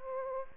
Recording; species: mosquito wingbeat signal from an infrared sensor; Aedes aegypti